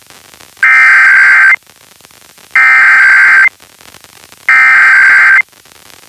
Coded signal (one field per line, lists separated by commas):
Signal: Emergency Alert System (SAME) tones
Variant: header bursts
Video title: Pennsylvania Required Monthly Tests (4/21/22)(EAS 1153-1162)